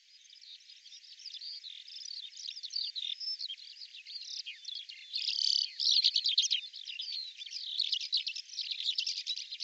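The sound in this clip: Bird chattering: a dense, continuous run of high twittering chirps that swells louder around the middle and stays busy to the end.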